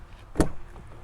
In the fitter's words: Really satisfying click too when you open the door.